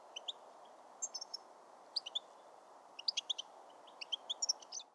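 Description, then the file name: European Goldfinch calls, fainter and scattered: short high tinkling chirps in small clusters, irregularly spaced, above a broad hiss of background noise. "Carduelis carduelis"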